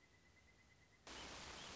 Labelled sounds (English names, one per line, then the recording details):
Pileated Woodpecker
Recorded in Sonoma County, California